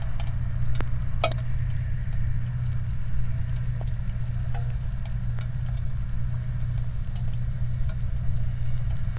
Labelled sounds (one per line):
machinery
flare stack
rain